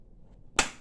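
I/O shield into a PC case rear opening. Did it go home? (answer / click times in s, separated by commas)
yes / 0.6 s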